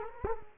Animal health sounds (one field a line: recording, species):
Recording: mosquito wingbeat signal from an infrared sensor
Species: Culex quinquefasciatus